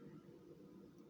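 A Kershaw Mini Mojito folding knife is being closed, its flipper safety's small hook rising toward the handle to lock the blade closed. Only a steady low rumble is heard across the 1.2 seconds, with no distinct click. Nothing has seated or clicked yet.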